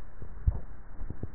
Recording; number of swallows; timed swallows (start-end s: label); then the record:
swallowing sounds by neck microphone; 1
0.22-1.15 s: swallow
From the record:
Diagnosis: dysphagia